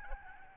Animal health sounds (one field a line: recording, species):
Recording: mosquito wingbeat signal from an infrared sensor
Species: Aedes albopictus